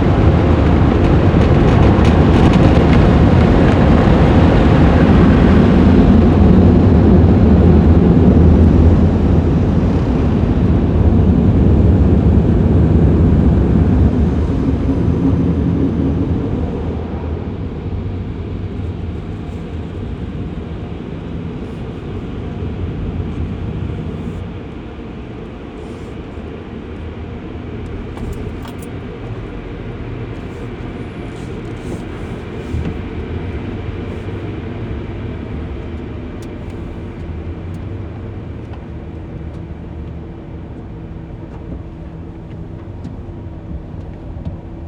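A car drive in Phoenix, Arizona: a loud, dense rumble and whoosh fills the first fifteen seconds, then eases. After about seventeen seconds a quieter, steady low hum continues, with faint clicks and light taps scattered through the remainder.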